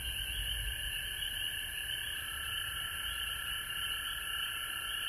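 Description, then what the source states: Frogs in full chorus, dense overlapping trills forming a steady drone, with a constant shrill hiss above. Recorded at home in Georgia on March 19, 2020.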